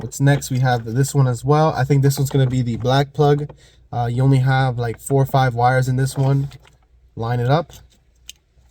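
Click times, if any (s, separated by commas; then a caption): 8.3 s. A small black wiring plug with four or five wires is lined up and pushed into its mate in the vehicle radio harness during an Android radio install in a Honda Civic. Someone talks through most of the clip. After a pause, a sharp click at 8.3 s shows the plug seating tightly.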